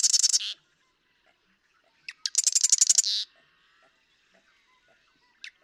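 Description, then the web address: Marsh Wren trilling: a brief buzzy burst, then a longer rapid rattle preceded by a couple of clicks, followed by near silence. "birdsongforthecurious songs Marsh Wren"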